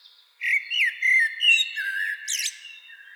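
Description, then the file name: Common blackbird gives a short flute-like warble that slides up and down, closing with a brief squeaky flourish. "Turdus merula"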